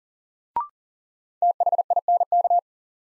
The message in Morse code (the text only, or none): THINK